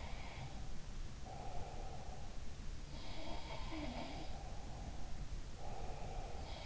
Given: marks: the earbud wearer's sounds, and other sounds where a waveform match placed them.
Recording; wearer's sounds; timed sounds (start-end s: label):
sounds in sleep by an in-ear microphone; breath
0.00-2.36 s: breath
3.23-6.56 s: sound from someone else or the room
4.08-6.56 s: breath